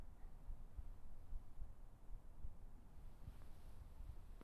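Soft, muffled low thumps in paired beats, roughly 75 a minute: the steady, normal heartbeat of an adult, heard up close.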